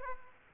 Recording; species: mosquito wingbeat signal from an infrared sensor; Aedes aegypti